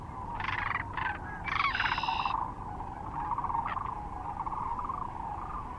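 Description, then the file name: Sandhill Crane calls: a few loud, harsh, rattling calls in the first two and a half seconds, then a steady background chorus of many rolling calls. Recorded near Kearney, Nebraska, on 9 March 2004. "2004-03-09 SACRandmore B Kearney NE"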